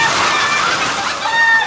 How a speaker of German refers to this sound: 3 Uhr morgens. Kann sein, dass der Wein schuld ist, aber die Hühner gackern immer noch.